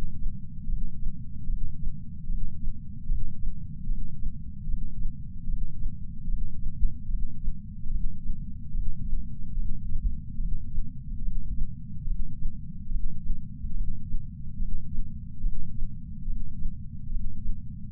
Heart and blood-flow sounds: heart sounds by patch sensor on the chest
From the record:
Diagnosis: coronary artery disease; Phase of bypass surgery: intraoperative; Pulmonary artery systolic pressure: 24 mmHg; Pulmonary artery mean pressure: 17 mmHg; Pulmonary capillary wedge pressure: 7 mmHg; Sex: male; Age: 66 years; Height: 176 cm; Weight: 74.5 kg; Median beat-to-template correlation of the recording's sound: 0.83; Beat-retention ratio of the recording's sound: 1.00

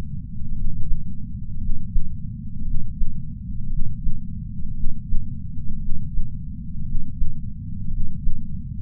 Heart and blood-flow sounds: heart sounds by patch sensor on the chest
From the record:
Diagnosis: coronary artery disease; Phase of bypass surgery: intraoperative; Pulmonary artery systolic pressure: 25 mmHg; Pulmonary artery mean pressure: 17 mmHg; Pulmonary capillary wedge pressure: 11 mmHg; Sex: male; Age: 62 years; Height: 172 cm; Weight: 60 kg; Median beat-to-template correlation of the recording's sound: 0.91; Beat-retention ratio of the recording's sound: 1.00

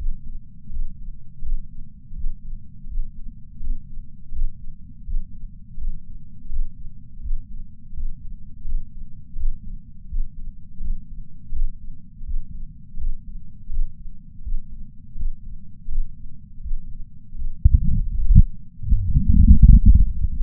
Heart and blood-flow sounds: heart sounds by patch sensor on the chest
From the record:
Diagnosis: coronary artery disease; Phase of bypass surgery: postoperative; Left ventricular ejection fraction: 60%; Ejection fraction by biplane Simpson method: 61.8%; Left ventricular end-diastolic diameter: 47 mm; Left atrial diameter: 40 mm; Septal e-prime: 4.5 cm/s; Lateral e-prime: 6.3 cm/s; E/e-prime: 20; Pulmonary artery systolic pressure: 28 mmHg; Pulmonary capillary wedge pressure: 14 mmHg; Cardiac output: 5.9 L/min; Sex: male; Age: 62 years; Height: 165 cm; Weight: 72 kg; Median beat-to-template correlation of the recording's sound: 0.87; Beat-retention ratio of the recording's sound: 1.00

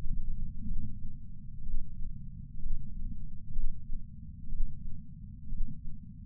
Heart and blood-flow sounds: heart sounds by patch sensor on the chest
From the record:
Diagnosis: coronary artery disease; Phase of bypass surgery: intraoperative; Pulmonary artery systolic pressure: 28 mmHg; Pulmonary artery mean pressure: 14 mmHg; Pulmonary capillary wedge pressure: 11 mmHg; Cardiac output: 5.5 L/min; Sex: male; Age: 57 years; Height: 175 cm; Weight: 80 kg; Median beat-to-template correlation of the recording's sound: 0.94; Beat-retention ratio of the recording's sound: 0.97

